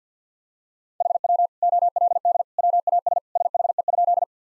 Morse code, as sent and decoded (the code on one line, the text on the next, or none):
.... .-- / --- .-.. -.. / .-- .- ... / ... .... . ..--..
HW OLD WAS SHE?